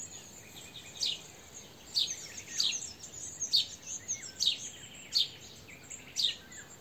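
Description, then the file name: House sparrow chirps, short sharp notes repeated roughly every second, with a faint steady hiss behind. "Passer domesticus"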